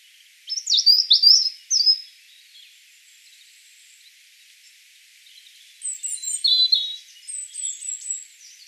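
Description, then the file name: European robin song with high, thin trills and slurred whistles, one phrase early, then a quiet gap and a longer run of twittering notes. "Erithacus rubecula 240702"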